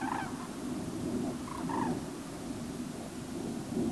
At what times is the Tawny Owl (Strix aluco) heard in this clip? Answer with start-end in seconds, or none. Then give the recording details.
none. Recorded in France